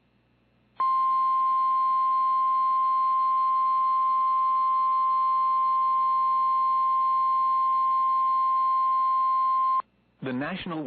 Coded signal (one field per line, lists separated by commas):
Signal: Emergency Alert System (SAME) tones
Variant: 1050 Hz attention tone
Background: speech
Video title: WHRO PBS - Severe Thunderstorm Warning - EAS - 6/8/25 - 3:51PM